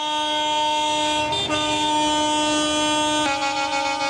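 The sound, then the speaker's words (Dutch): Loud, sustained horns blare continuously with steady tones, the pitch shifting briefly partway through, as vehicles honk together at a nationwide farmers' protest in Germany against the Scholz government's budget-cut plans, on the first day of a week of protests. No one speaks. “Door het hele land demonstreren boze boeren tegen de bezuinigingsplannen van de regering Scholz.”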